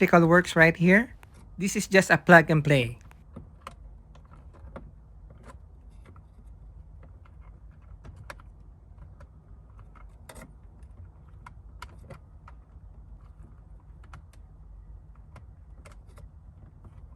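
Someone talks briefly at the start, then a car's door wiring harness plug is handled at the back of a replacement CarTrimHome LED power window switch for a Nissan Rogue / X-Trail, with only faint scattered handling ticks over a quiet low hum. The plug is not yet pushed home, and nothing has seated or clicked yet.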